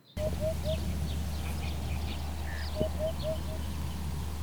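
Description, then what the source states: Eurasian Hoopoe giving soft hollow hooting calls, three notes in quick succession, then a pause and a few more, over a steady low hum. Male courtship call of one to four syllables, sounding like 'up, up, up'; most noticeable in April, stops in early May when males feed nesting females.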